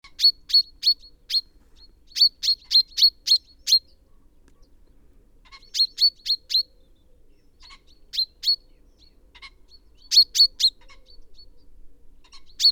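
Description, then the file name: Common chaffinch calls: sharp, metallic chirps given in quick bursts of three to six notes, with short pauses between bursts; otherwise quiet. "Fringilla coelebs"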